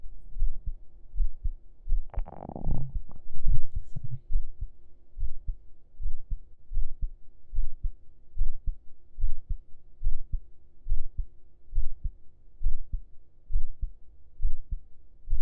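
Steady, muffled low thumps at about 72 a minute after brief rustling: an ordinary adult heartbeat heard with an ear laid on the chest under the shirt.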